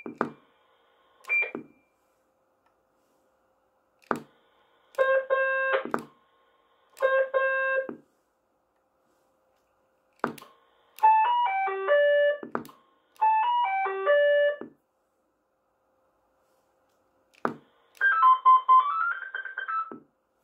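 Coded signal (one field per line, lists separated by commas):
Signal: roger beep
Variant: CB radio roger beeps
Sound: six short electronic tone melodies stepping in pitch, each after a click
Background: keying clicks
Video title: Custom 6 digit Galaxy Pluto - Roger beep checkout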